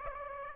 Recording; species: mosquito wingbeat signal from an infrared sensor; Aedes aegypti